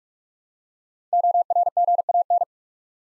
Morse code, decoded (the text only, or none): ORGAN